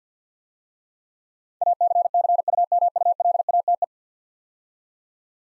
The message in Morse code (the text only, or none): ACCUMULATE